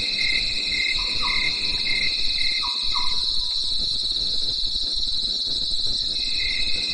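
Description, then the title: Crickets chirp in a shrill continuous trill. A lower pulsed chirp drops out after about three seconds and returns near the end, and two pairs of soft short notes sound early. Night in the mountains after daytime rain; crickets calling in a chorus. "At night, the cricket cricket and nightingale choir in the mountains"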